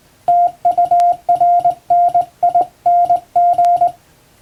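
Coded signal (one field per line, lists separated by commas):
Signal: Morse code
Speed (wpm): 20 wpm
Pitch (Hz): 700 Hz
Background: radio noise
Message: TURNING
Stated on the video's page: Plain-language English Morse practice sent by hand on a vertical straight key by a first-class radiotelegraph operator.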